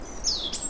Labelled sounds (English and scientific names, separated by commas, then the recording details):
Stitchbird (Notiomystis cincta) song
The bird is a male
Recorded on Tiritiri Matangi Island, New Zealand, in 2005
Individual 1, of nest box 1